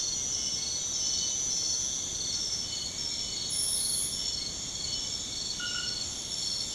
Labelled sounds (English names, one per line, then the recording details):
none
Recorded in secondary vegetation near Puerto Asís, Putumayo, Colombia, on 21 February 2024 at 02:00
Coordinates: 0.472, -76.331
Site G6371